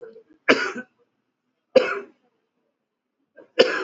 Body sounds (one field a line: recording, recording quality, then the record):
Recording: heavy voluntary cough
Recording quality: excellent, no background noise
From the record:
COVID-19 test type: RT-PCR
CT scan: not taken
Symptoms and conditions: cough, cold, fever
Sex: female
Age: 35 years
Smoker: no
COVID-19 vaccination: both doses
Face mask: worn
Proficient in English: yes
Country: India